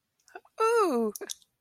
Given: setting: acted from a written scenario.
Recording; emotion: vocal sound without words; adoration